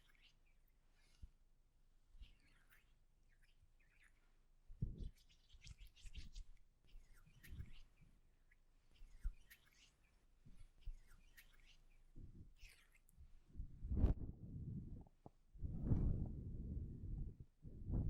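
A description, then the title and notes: Soft brushing and handling sounds from a hair salon treatment, with quick bright strokes and rustles scattered through the clip. Quiet whispering passes in the background early on, and from about fourteen seconds heavier, denser low rubbing and thumps take over. ASMR Hair Salon RP brushing, haircut, treatment (No Talking).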